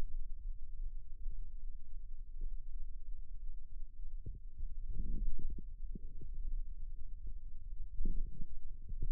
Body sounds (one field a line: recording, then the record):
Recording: forearm muscle sounds (acoustic myography)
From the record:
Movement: radial deviation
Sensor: system 2, bracelet of six BSWA MPA416 microphones around the upper forearm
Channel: 6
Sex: male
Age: 22 years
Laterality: right